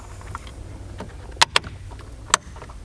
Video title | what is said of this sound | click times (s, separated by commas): This Tacoma Needs a Clock Spring! VERY Important Part with a VERY Silly Name | all three snaps | 1.4 s, 1.6 s, 2.3 s